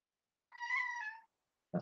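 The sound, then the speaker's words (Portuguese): A cat lets out one drawn-out meow that slides gently downward in pitch, followed after a short pause by a brief, abrupt burst of sound. No one speaks. “O que você quer, gato? Para de perturbar.”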